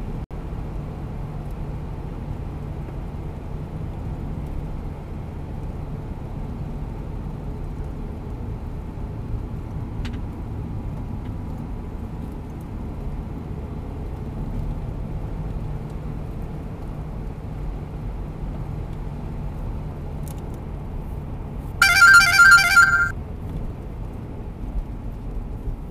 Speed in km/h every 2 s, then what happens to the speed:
79, 78, 77, 75, 72, 71, 72, 77, 78, 76, 75, 73, 69.
0-10 slows to 71. 10-16 speeds up to 78. 16-26 slows to 69.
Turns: none.